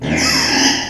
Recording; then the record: squeal of a Yucatan mini pig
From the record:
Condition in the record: before surgery on the right vocal fold (resection and tissue-engineered implant); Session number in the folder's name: 2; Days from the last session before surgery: 0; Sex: male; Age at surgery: 12 weeks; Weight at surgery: 13 kg